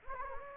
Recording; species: mosquito wingbeat signal from an infrared sensor; Anopheles gambiae